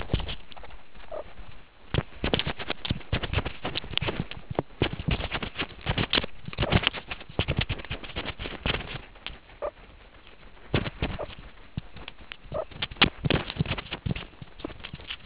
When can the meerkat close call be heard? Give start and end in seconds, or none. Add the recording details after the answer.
1.12-1.22, 6.65-6.77, 9.62-9.70, 11.18-11.26, 12.54-12.64. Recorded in the Kuruman River Reserve, South Africa. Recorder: an audio tag on a meerkat's collar